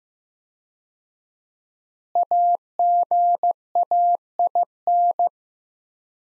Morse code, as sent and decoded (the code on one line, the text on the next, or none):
.- --. .- .. -.
AGAIN